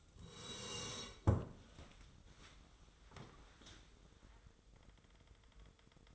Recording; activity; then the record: daily activity, microphone in the room; sit down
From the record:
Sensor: 3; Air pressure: 1005.4 hPa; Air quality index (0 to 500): 96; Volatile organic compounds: 3 ppm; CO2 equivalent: 1504 ppm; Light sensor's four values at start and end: 8/17/7/7 and 10/22/9/9